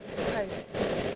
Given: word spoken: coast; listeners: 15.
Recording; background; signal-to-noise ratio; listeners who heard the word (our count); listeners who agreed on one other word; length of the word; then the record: one English word in noise, from a listening test; noise modulated by three-talker babble; -6.1 dB; 2 of 15; 10 of 15; 0.75 s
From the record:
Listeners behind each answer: 10, 2, 1, 1, 1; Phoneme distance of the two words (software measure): 10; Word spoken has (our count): 1 syllable, 4 phonemes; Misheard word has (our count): 1 syllable, 4 phonemes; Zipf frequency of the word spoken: 4.86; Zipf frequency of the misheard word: 4.87